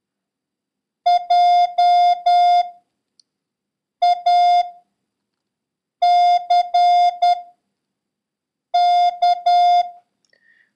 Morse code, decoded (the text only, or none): JACK